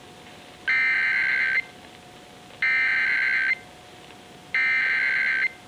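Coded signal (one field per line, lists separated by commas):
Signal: Emergency Alert System (SAME) tones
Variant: header bursts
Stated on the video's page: Real severe thunderstorm warning EAS alert aired on a radio station.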